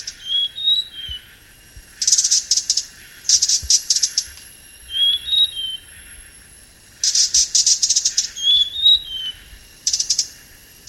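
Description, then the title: Blue-crowned hanging parrot: shrill, buzzy pulsed bursts repeated at irregular intervals, with thin sliding whistles between them. "SERINDIT"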